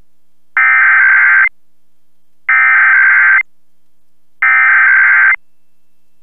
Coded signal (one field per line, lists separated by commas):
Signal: Emergency Alert System (SAME) tones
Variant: header bursts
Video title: National EAS Test Roundup 10/4/2023 - Fargo/Moorhead + Minneapolis/St. Paul